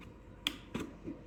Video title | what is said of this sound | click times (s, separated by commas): DJI Action 4 MOTOVLOG 🔥 Insane Low-Light & Stabilization Test - #DJIAction4 #Motovlog #Motovlogging | lock అయిపోయింది. | 0.5 s